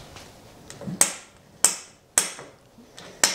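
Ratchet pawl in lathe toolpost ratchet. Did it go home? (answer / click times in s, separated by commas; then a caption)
yes / 1.0 s, 1.6 s, 2.2 s, 3.2 s. A newly made steel ratchet pawl, fitted to the toolpost ratchet of a Harrison 140 lathe, is tested before heat treatment by turning the toolpost. The pawl snaps into the ratchet teeth with sharp metallic clicks at 1.0, 1.6, 2.2 and 3.2 seconds, with fainter ticks between them. It seats cleanly with a nice click each time.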